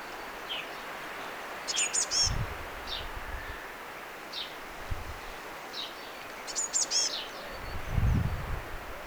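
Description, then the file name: Eurasian blue tit calls: two short bursts of high, shrill, rapid notes about five seconds apart, with soft chirps and low rustling thuds. "Cyanistes caeruleus"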